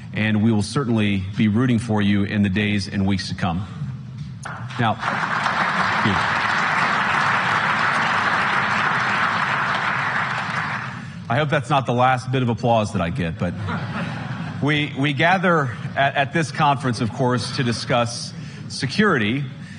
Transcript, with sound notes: And we will certainly be rooting for you in the days and weeks to come. Now -- [audience applause] Thank you. I hope that’s not the last bit of applause that I get, but -- we -- we gather at -- at this conference, of course, to discuss security.